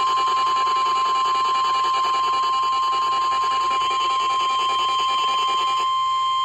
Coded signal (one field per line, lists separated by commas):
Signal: Emergency Alert System (SAME) tones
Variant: 1050 Hz attention tone